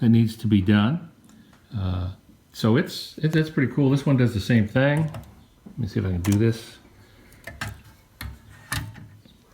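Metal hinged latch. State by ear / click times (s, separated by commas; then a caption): seated / 8.7 s. Someone talks, then lifts the hinged type basket of a 1960s-70s manual typewriter to open it for cleaning. It pops up and locks into its raised position with sharp metal clicks, the locking click landing at 8.7 s.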